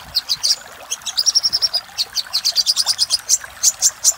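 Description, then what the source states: Little spiderhunter song: rapid high, sharp chirping notes in quick repeated runs, with brief pauses between bursts. Master recording for training cage birds, titled Sogok Ontong Labaik.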